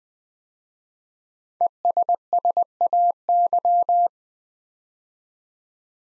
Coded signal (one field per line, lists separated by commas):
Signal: Morse code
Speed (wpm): 20 wpm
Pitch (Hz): 700 Hz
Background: none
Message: ESSAY